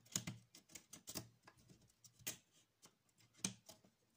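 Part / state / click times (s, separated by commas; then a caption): plastic kit part into its mating socket / not seated / none. Someone presses a plastic part of a model or action-figure kit against its mating socket, making a series of short, sharp plastic taps and scrapes, with the loudest knocks near 0.2, 1.2 and 3.4 seconds. The part does not lock, and nothing has seated or clicked into place yet.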